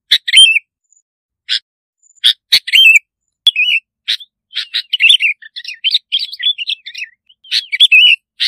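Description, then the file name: Bulbul singing: sharp clipped notes mixed with rolling, slurred whistled phrases that grow busier and more continuous toward the end. "Tieng chao mao bong lau"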